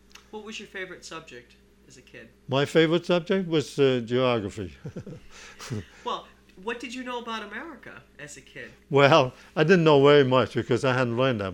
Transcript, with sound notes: What was your favorite subject as a kid?
My favorite subject was geography. ( he laughs )
Well, what did you know about America as a kid?
Well, I didn't know very much because I hadn't learned that much.